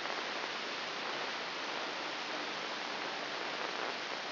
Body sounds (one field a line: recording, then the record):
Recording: brain microelectrode recording played as sound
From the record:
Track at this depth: inside the subthalamic nucleus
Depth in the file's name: 3.402 mm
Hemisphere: right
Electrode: 3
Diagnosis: Parkinson's disease